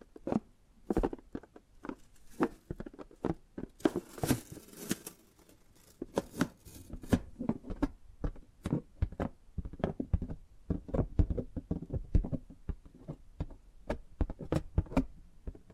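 Tapping and gripping sounds: quick, irregular taps and knocks throughout, with a longer rustling scrape near four to five seconds and a low hum.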